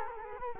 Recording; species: mosquito wingbeat signal from an infrared sensor; Culex quinquefasciatus